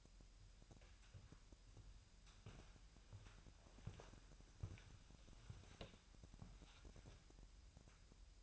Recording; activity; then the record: daily activity, microphone in the room; walk to room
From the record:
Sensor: 2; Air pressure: 1001.9 hPa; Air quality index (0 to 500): 248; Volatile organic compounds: 36 ppm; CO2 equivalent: 3082 ppm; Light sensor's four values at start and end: 5/12/5/5 and 5/11/5/5